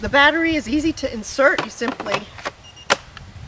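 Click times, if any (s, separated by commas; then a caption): 2.9 s. A 120 V lithium-ion battery pack is slid into the battery bay of a Redback cordless leaf blower while someone talks. The pack locks into place with a sharp click at 2.9 seconds, and a fainter tick follows at 3.2 seconds. The battery is seated and locked.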